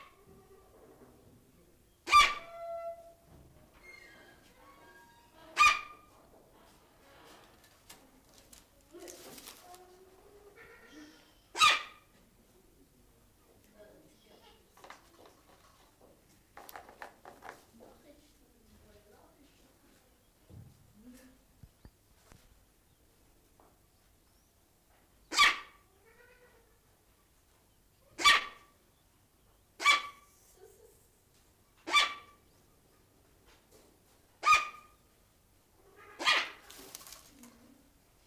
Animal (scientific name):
Bycanistes brevis